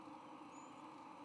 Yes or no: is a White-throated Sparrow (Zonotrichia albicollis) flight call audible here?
no